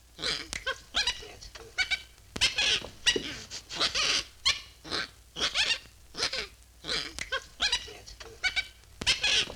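Monkey chattering: squeaky, shrill bursts of harmonic chatter, repeated in quick uneven runs with brief pauses between.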